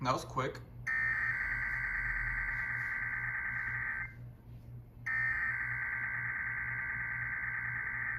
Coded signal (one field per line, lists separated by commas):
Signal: Emergency Alert System (SAME) tones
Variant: header bursts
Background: speech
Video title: The Wild Alertfest - Alerts from 7/15/24 - 7/17/24 (EAS #1144 - 1163)